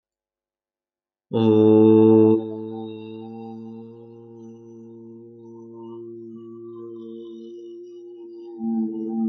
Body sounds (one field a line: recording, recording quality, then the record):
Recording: sustained vowel as in boot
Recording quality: excellent, no background noise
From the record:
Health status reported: healthy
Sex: male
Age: 30 years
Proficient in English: no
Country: India